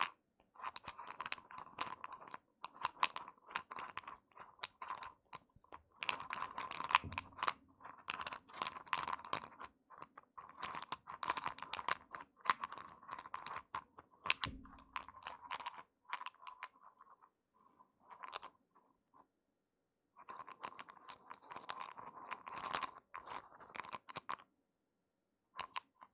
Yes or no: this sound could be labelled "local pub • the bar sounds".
no